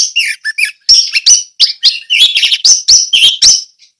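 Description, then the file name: Orange-headed thrush singing a continuous, fast, varied medley of sharp chirps, slurred whistles and scratchy notes, delivered in tight bursts without pause. Orange-headed thrush singing in the ngeplong song style. "anis merah ngeplong"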